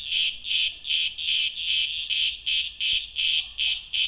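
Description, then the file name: Cicada giving strong rhythmic buzzing pulses in evenly spaced short bursts, with a single faint click partway through. "cigarras"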